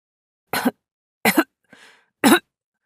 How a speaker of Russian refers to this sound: Но тут раздался приглушенный кашель, и я удивленно посмотрела по сторонам. Это еще что такое?